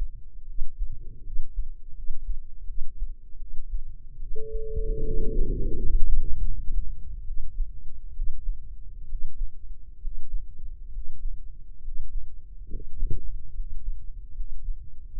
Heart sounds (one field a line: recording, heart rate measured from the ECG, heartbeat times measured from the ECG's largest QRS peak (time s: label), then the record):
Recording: heart sounds by microphone in the left ear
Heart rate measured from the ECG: 74 bpm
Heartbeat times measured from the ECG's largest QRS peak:
0.44 s: heartbeat
1.21 s: heartbeat
1.92 s: heartbeat
2.64 s: heartbeat
3.36 s: heartbeat
4.17 s: heartbeat
5.01 s: heartbeat
5.75 s: heartbeat
6.41 s: heartbeat
7.24 s: heartbeat
8.13 s: heartbeat
9.05 s: heartbeat
9.97 s: heartbeat
10.88 s: heartbeat
11.78 s: heartbeat
12.65 s: heartbeat
13.50 s: heartbeat
14.30 s: heartbeat
15.07 s: heartbeat
From the record:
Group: healthy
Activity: rest 0-4 s, Valsalva maneuver 4-15 s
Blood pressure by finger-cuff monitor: 117/66 mmHg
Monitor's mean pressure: 87 mmHg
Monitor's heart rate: 70 bpm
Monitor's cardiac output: 6.7 L/min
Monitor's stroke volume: 85 mL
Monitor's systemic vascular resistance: 870 dyn s/cm5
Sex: female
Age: 23 years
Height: 160 cm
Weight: 50.4 kg